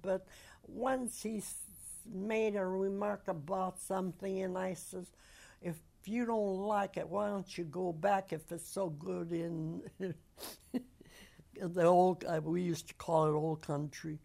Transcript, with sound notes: But once he made a remark about something and I says, if you don't like it, why don't you go back if it's so good in (she laughs) the old country, we used to call it old country.